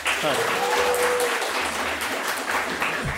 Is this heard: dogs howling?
no